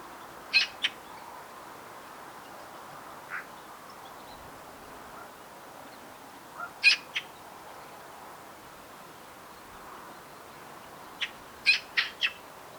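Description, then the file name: Eurasian magpie giving short harsh, rasping calls singly or in clusters of two to four notes, with long pauses between groups, over a quiet background hiss. "Pica pica"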